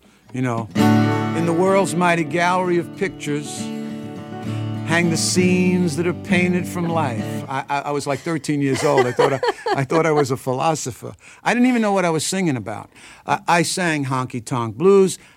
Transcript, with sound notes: you know? (Singing, playing guitar) In the world's mighty gallery of pictures hang the scenes that are painted from life.
I was, like, 13 years old.
(Laughter).
I thought I was a philosopher. I didn't even know what I was singing about. I sang "Honky Tonk Blues."